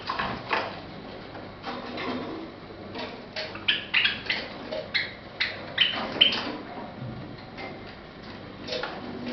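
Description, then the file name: Java sparrow song, a run of quick clicks and bright little notes bunched in the middle, with steady hiss underneath. "pesnya risovoi amadiny"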